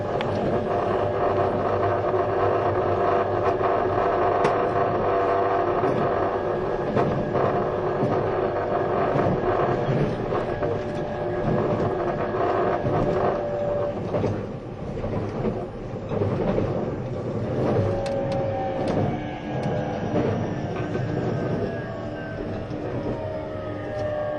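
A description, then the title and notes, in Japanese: Running noise of a moving vehicle, a steady dense rumble with whining tones that shift and glide upward, plus scattered clicks throughout. E257系 あずさ19号03 甲府～松本。音の旅(走行音)。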